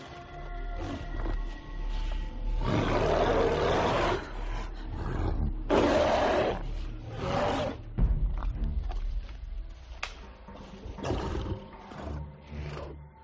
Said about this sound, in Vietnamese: Thu Nhai tí gầm một tiếng, cuồng phong bất chợt nổi lên.